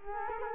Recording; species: mosquito wingbeat signal from an infrared sensor; Culex quinquefasciatus